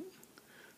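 A crimped wire terminal for an RC tank control board lead is pushed into the slot between the positive and negative supply pins of a plastic connector housing. Two small, sharp ticks are heard at 0.2 s and 0.4 s over a quiet background, and the terminal is seated in the housing.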